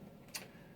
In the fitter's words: little locking clip locks in place